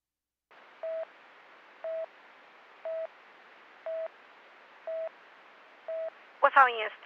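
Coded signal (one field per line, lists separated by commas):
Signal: none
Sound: radio channel beeps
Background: speech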